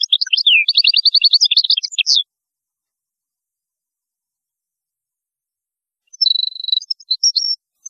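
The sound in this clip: European goldfinch singing a long rapid twittering trill of repeated notes, then after a silent gap a buzzy rattle and a few high chirps.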